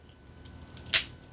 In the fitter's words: And then you just push down on the top. And it just snaps